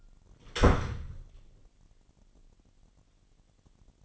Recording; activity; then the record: daily activity, microphone in the room; close door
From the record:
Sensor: 4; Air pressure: 999.2 hPa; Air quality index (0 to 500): 118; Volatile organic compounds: 2 ppm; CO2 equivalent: 1164 ppm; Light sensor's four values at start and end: 12/30/12/13 and 12/30/12/13